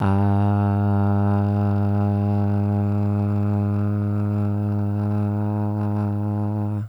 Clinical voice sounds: sustained vowel /a/; male; 20 to 29 years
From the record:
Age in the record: 25 years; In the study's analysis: included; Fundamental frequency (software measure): 101 Hz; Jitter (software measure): 0.31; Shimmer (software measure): 0.61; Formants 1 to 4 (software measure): 743 Hz, 1400 Hz, 2628 Hz, 3705 Hz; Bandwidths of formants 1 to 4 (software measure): 245 Hz, 289 Hz, 395 Hz, 471 Hz

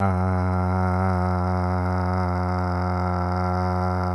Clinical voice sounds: sustained vowel /a/; male; 50 to 59 years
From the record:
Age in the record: 51 years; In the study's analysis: included

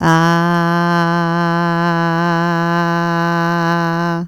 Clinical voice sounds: sustained vowel /a/; female; 60 to 69 years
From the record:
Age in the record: 61 years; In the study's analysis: included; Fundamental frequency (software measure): 170 Hz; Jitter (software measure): 0.29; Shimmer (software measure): 0.65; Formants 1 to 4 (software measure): 968 Hz, 1570 Hz, 2956 Hz, 4122 Hz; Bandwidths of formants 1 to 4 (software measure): 176 Hz, 164 Hz, 110 Hz, 198 Hz

